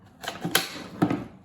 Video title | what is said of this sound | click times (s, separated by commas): Desert Brutality 2022 Loadout Details | slide that back in there snaps in place perfect and | 0.6 s